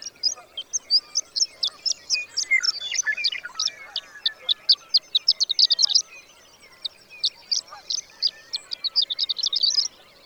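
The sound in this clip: Bird song of rapid high chirps and twitters in fast bursts, a brief pause near six seconds, then more quick chirping.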